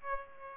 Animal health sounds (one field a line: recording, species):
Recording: mosquito wingbeat signal from an infrared sensor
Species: Aedes aegypti